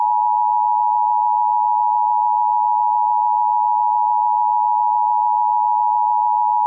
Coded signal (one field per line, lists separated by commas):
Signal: Emergency Alert System (SAME) tones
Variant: 853 and 960 Hz attention tone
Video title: *VALID TONES* The Michigan Dam Failures (EAS Remakes from 5/20/20)